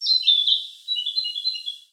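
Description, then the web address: Bird calling with a high, rapid twittering warble in two bursts, notes sliding and trilling, with no other sounds. "Sound Effects-Foundation 1 BIRD 02 CALL 02"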